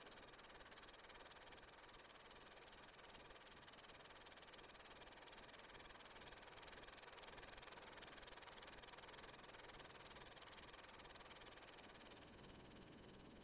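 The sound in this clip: Insect call: a continuous, very high, hissing trill of rapid pulses, steady for most and fading slightly near the end.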